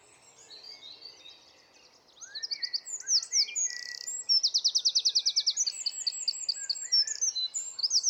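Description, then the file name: Eurasian wren song: high, rapid tumbling notes building into loud, fast buzzy trills, with a sharp rattling run near the end; faint background hiss. "Troglodytes troglodytes"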